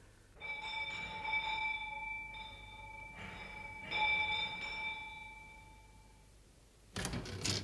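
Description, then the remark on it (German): A doorbell at the mayor's house rings in one long, bright, steady peal lasting several seconds, pulsing slightly in loudness, then falls silent before a short, sharp noisy clatter. “Kommt, wir läuten hier.”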